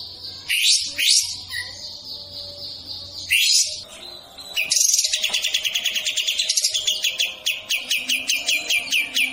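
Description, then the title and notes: Bird song opening with several harsh sweeping calls, then a long, steady series of rapid, sharp repeated notes. Melodious bird sound, used as a ringtone. "Burung Dengan Suara Merdu"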